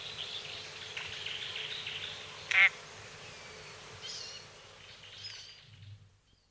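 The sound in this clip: Crested drongo with a single brief, grating, nasal note, set against a busy wash of soft high chirps and twitters that fades toward the end.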